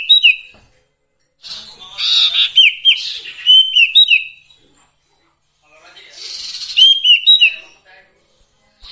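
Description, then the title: Sirtu song: two long phrases of scratchy chatter and quick down-slurred whistled notes, with a pause between them. Masteran recording with the full variety of song, used for training songbirds. "Masteran Sirtu Full Variasi"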